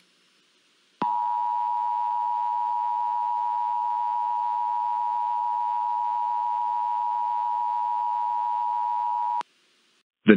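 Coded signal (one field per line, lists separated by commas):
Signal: Emergency Alert System (SAME) tones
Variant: 853 and 960 Hz attention tone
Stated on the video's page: Fictional EAS scenario, a simulated fire storm alert.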